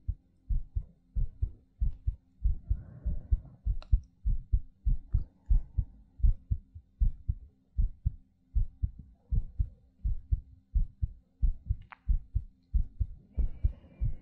ASMR Heartbeat Breathing.